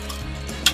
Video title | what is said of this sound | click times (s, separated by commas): 2010 Mighty Morphin' Power Rangers Dino Megazord and Mix And Morph Titanus - Ultrazord Review | there one click click click click | 0.7 s